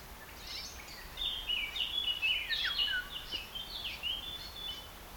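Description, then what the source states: Red-backed shrike giving fast, scratchy chatter, many brief high notes and sharp down-slurred squeaks tumbling together for several seconds. Voice of the bird.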